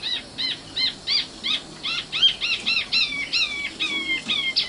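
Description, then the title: Oriental magpie-robin song: a steady series of clear, varied whistled notes, some bending down, repeated in quick succession. Kacer song. "Kicau Kacer"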